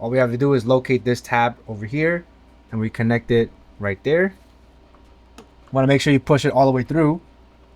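Someone talks while handling a 24-pin power connector, lining up its tab to connect it onto the motherboard extension. Two faint, brief ticks occur in a pause at about 5.0 s and 5.4 s. Nothing has seated or clicked yet.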